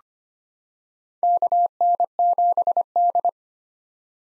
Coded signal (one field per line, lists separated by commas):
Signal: Morse code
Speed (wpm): 25 wpm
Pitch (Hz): 700 Hz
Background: none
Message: KN7D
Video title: 2023 POTA Hunter Call Signs - 25wpm